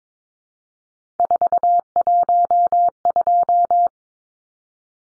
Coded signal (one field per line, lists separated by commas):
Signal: Morse code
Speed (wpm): 22 wpm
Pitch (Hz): 700 Hz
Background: none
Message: 412